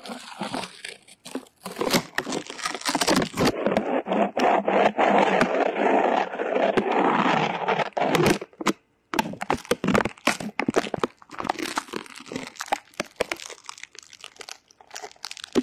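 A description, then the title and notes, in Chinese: Ear cleaning with no voice: dense scratching and crinkly rustling, loudest and most continuous from about two to eight seconds. A brief silence near nine seconds follows, then sparser clicks and scrapes continue. 掏耳无人声助眠。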